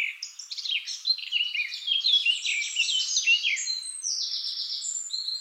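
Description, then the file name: Eurasian blackcap singing a continuous, hurried warble of chattering and fluty notes that ends in a few clearer, sustained whistles. "Sylvia atricapilla"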